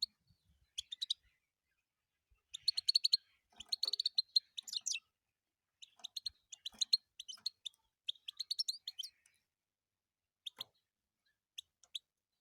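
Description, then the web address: European goldfinch song, lively bursts of high, tinkling and slightly buzzy twitters in several phrases, thinning to isolated single chirps at the close. "penie schegla"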